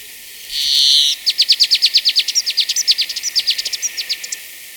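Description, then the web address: Plumbeous Sierra-Finch calls: a long buzzy note, then a rapid series of many high, sharp descending chips. Recorded in Ecuador. "Birds of Ecuador. Plumbeous Sierra-Finch"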